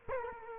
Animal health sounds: mosquito wingbeat signal from an infrared sensor; Culex quinquefasciatus

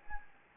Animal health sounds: mosquito wingbeat signal from an infrared sensor; Anopheles gambiae

